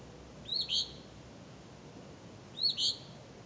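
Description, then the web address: Bird calls: two short high chirps around 0.6 seconds, then another pair near 2.7 seconds, over a steady low background hiss. "misc bird"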